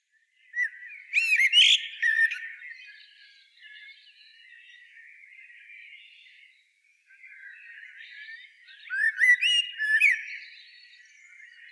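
Common blackbird calling in two separate flurries of harsh squawks, several seconds apart, with quieter chatter between them.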